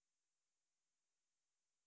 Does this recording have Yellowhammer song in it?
no